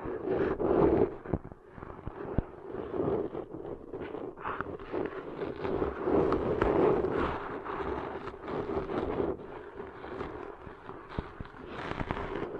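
Deep ear cleaning sounds: dense, continuous scratching and rubbing with a steady low drone underneath. Frequent sharp clicks and pops cut through, with brighter rustling bursts around one, six to seven, and twelve seconds, and the loudness stays fairly even throughout.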